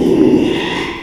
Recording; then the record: squeal of a Yucatan mini pig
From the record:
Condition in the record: after surgery on the right vocal fold (resection and tissue-engineered implant); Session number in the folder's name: 1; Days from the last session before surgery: 6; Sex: male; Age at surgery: 12 weeks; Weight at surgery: 13 kg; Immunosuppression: cyclosporine, prednisolone